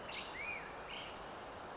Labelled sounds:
Black-headed Grosbeak (Pheucticus melanocephalus)

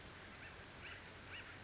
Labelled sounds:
Acorn Woodpecker (Melanerpes formicivorus)

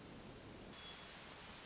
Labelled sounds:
Hermit Thrush (Catharus guttatus)

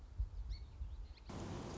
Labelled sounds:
Song Sparrow (Melospiza melodia)

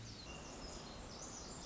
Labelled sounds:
Pacific Wren (Troglodytes pacificus)

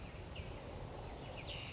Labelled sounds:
California Towhee (Melozone crissalis)

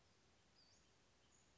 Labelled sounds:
Western Flycatcher (Empidonax difficilis)

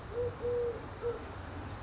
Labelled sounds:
Eurasian Collared Dove (Streptopelia decaocto)

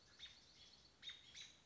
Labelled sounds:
American Robin (Turdus migratorius)

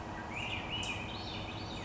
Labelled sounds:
Swainson's Thrush (Catharus ustulatus)

